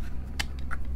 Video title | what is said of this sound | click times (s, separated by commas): Otterbox Defender Case - For iPhone 11 Pro - Black | you have the ability to lock it and it snaps in place. | 0.4 s